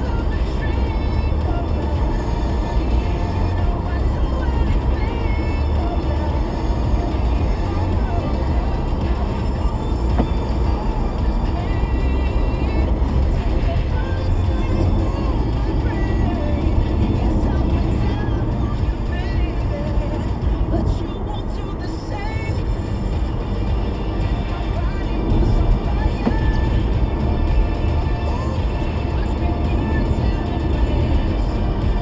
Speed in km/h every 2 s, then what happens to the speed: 98, 100, 100, 100, 100, 100, 100, 95, 89, 90, 92, 93, 95, 97, 98, 98.
0-12 steady at about 100. 12-15 brakes to 89. 15-32 steady at about 93.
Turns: none.